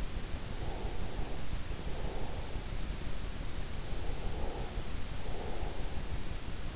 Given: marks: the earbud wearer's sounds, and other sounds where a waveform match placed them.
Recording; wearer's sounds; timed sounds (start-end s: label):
sounds in sleep by an in-ear microphone; breath
0.02-2.99 s: breath
3.62-6.76 s: breath